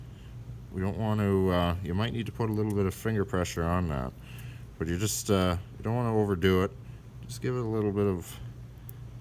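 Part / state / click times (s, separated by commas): mounting piece into the back of a traffic light controller / seated / 8.9 s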